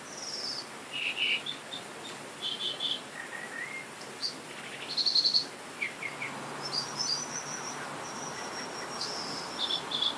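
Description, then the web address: Dipper song: a varied run of high chirps, buzzy notes and thin whistles, some grouped in pairs, with a steady rushing noise underneath throughout. "sound Dippers. صدای-زیرآبروک"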